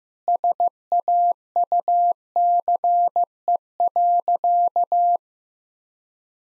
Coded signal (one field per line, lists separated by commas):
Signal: Morse code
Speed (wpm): 15 wpm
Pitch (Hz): 700 Hz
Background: none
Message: SAUCE.